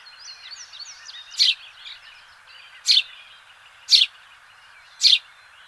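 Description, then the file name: House sparrow chirping: four harsh, loud single chirps repeated roughly every second, against a soft background of twittering birds. "Passer domesticus"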